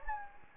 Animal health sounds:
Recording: mosquito wingbeat signal from an infrared sensor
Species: Anopheles gambiae

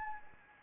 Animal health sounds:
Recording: mosquito wingbeat signal from an infrared sensor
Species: Anopheles arabiensis

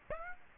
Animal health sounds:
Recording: mosquito wingbeat signal from an infrared sensor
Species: Aedes aegypti

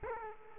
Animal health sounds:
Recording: mosquito wingbeat signal from an infrared sensor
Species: Culex quinquefasciatus

